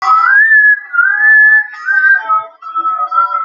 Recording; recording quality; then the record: deep breathing; poor, much background noise or distortion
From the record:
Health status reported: healthy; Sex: male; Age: 22 years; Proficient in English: yes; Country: India